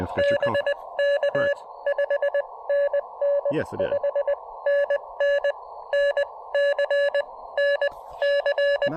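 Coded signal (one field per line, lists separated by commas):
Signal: Morse code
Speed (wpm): 18 wpm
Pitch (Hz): 590 Hz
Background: speech, radio noise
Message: BK 5NN 5NN NC NC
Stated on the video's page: QRP field activation using a 40 meter EFHW antenna, with an Elecraft KX2 after Icom IC-703 Plus issues, later moving to 20 meters.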